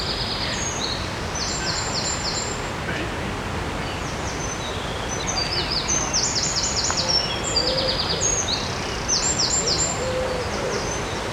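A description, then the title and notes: Along the river in Odense, high chirping bird calls repeat in quick bursts throughout, over a steady low rushing noise that never lets up. Sounds along the river in Odense, Denmark.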